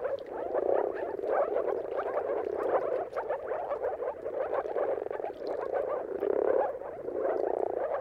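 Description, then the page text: Chorus of moor frogs, many gurgling calls blending into an unbroken burbling drone, loudness rising and falling in gentle waves. Mating calls of moor frogs at sunrise, at the turn of March and April, timing depending on weather. "Jakub-Orzecki moor frogs. Dawn’s Chorus: Mating Calls of Marsh Frogs at Sunrise. Depending on the weather at the turn of March and April, you can witness an amazing spectacle of moor frogs"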